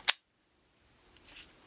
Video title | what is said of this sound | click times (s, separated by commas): REVIEW of CANON VIXIA HF R700 Camcorder With SAMPLE FOOTAGES | okay so it just snaps right in there | 0.1 s